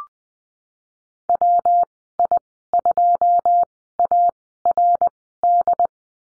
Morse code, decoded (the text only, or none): WI2ARD